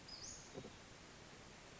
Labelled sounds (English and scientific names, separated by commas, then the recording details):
Western Flycatcher (Empidonax difficilis)
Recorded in Sonoma County, California